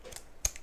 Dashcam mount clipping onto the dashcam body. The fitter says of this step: ça se clipse comme ça voilà et ça vous fait ça donc c'est plutôt c'est plutôt bien fait moi